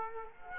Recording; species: mosquito wingbeat signal from an infrared sensor; Culex quinquefasciatus